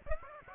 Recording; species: mosquito wingbeat signal from an infrared sensor; Aedes aegypti